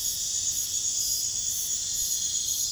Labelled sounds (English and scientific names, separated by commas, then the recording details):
none
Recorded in pastures near Puerto Asís, Putumayo, Colombia, on 29 June 2025 at 03:00
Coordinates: 0.466, -76.322
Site GP07